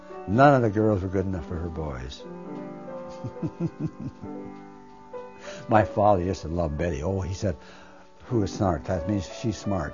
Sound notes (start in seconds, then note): 2.2 plays the piano in the background; 3.1 he laughs